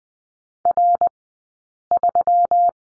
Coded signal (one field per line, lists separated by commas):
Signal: Morse code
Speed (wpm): 20 wpm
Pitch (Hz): 700 Hz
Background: none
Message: R3